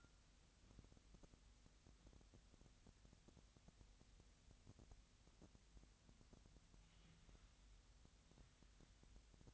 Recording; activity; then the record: daily activity, microphone in the room; wipe stove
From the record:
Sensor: 3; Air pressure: 1003.2 hPa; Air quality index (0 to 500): 198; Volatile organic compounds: 6 ppm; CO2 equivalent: 1935 ppm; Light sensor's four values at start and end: 13/30/13/13 and 13/31/13/14